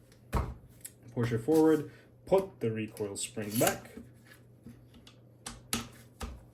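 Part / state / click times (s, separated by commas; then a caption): recoil spring assembly into rifle receiver / seated / 5.7 s. During reassembly of an AK rifle (AK47/AKM, 7.62x39), the metal recoil spring assembly is pushed forward and back into place inside the receiver while someone talks. After the talking, a few light handling taps lead up to a sharp metallic snap at 5.7 s. The recoil spring assembly is seated in the receiver.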